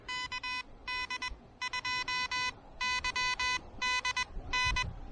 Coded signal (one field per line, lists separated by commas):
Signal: Morse code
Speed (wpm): 20 wpm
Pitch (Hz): 2000 Hz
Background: none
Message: KD2YDN